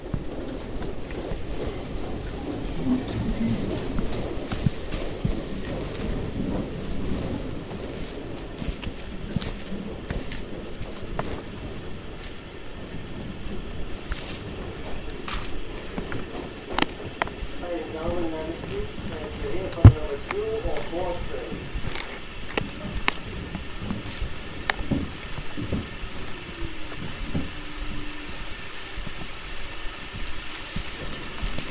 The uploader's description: Hike in Tambopata Reserve rainforest, Peru